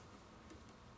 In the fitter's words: you hear kind of click and